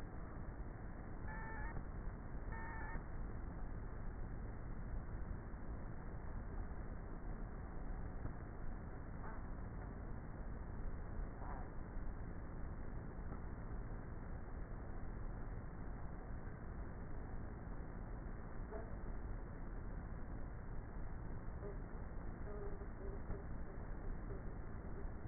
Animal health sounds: honeybee colony, microphone inside the hive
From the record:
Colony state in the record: queenless with a low population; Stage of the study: before two queens were removed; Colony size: about 30,000 bees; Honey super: no

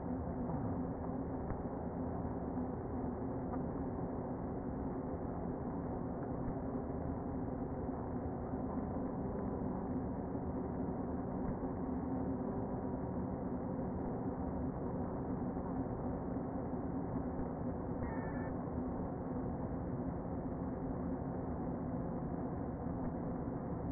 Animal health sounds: honeybee colony, microphone inside the hive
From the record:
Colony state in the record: queen present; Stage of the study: before two queens were removed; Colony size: about 60,000 bees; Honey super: yes

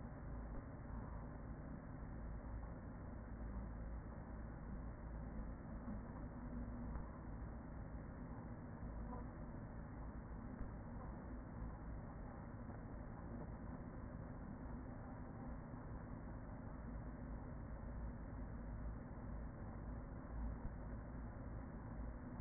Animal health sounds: honeybee colony, microphone inside the hive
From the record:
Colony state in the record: queen present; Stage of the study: after two queens were removed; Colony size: about 40,000 bees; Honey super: no

